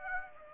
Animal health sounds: mosquito wingbeat signal from an infrared sensor; Aedes aegypti

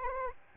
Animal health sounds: mosquito wingbeat signal from an infrared sensor; Aedes albopictus

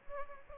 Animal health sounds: mosquito wingbeat signal from an infrared sensor; Aedes aegypti

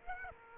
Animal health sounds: mosquito wingbeat signal from an infrared sensor; Aedes aegypti

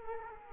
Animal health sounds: mosquito wingbeat signal from an infrared sensor; Culex quinquefasciatus

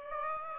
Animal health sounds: mosquito wingbeat signal from an infrared sensor; Aedes aegypti

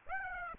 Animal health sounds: mosquito wingbeat signal from an infrared sensor; Aedes aegypti

